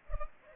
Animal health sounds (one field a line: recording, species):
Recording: mosquito wingbeat signal from an infrared sensor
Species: Culex pipiens